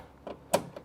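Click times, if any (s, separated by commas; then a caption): 0.5 s. A torque screwdriver set to 20 inch-pounds is turned on a terminal screw of the neutral/ground bar in an electrical sub-panel. A soft scrape near 0.3 s is followed by a sharp click at 0.55 s as the tool reaches its setting and confirms the torque, with a fainter tick near 0.8 s.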